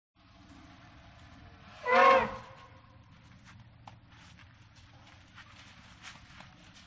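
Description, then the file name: Elephant trumpet, a single brassy blast lasting about half a second, followed by faint scattered clicks and low background hum. "audio hero Elephant"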